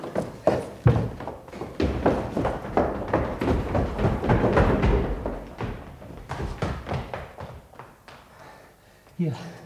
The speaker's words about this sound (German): Richtig, die Tür wird geöffnet. Ja, jetzt kommen Sie.